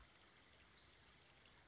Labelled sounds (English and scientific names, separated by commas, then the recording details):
Western Flycatcher (Empidonax difficilis)
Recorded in Sonoma County, California